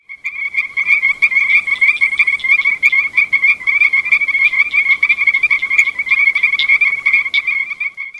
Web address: Frog Pseudacris Streckeri